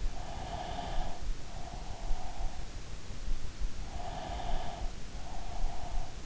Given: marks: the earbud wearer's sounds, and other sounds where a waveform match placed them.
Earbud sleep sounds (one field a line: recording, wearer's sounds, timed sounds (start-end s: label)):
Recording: sounds in sleep by an in-ear microphone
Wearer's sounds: breath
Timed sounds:
0.23-2.46 s: breath
3.81-6.26 s: breath